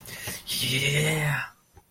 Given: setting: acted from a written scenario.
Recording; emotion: vocal sound without words; triumph